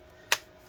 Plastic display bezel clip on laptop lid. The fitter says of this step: There we go. Okay, that's what we want. It's all clicking now.